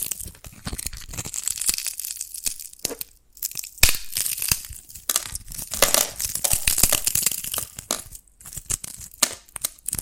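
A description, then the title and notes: Crisp cracking and tapping on brittle dalgona candy, a dense run of sharp snaps and crinkly crunches with brief quiet gaps. The sounds are bright, with stronger cracks around the fourth and sixth seconds. ASMR SQUID GAME Dalgona Candy Challenge Tapping, Cracking Triggers for Sleep(No Talking).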